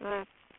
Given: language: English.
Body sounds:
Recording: throat vibration sensor signal played as sound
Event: speech

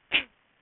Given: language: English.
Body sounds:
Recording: throat vibration sensor signal played as sound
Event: cough

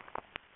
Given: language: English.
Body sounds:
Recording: throat vibration sensor signal played as sound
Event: swallow

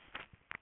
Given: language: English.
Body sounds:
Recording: throat vibration sensor signal played as sound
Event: swallow

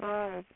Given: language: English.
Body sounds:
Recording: throat vibration sensor signal played as sound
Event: speech

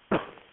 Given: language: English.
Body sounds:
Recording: throat vibration sensor signal played as sound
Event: cough

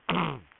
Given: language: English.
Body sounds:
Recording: throat vibration sensor signal played as sound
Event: throat clearing

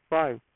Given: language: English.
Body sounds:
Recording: throat vibration sensor signal played as sound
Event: speech

